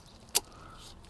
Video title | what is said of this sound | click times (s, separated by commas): Mini Countryman R60 Full Service Guide | the first click like that see I heard it and it should sit there I'm going to flip this upside down | 0.4 s